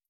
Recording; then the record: hydrophone in a shrimp aquaculture tank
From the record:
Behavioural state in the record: feeding